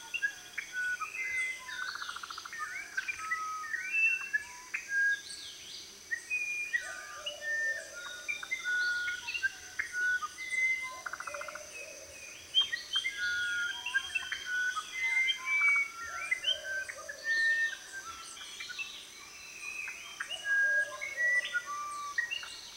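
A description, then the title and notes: A forest after rain, filled with many birds calling and chirping at once in short bright whistles and trills throughout. A thin high insect buzz runs steadily underneath, and a soft low rumble sits in the background the whole time. Forest after rain.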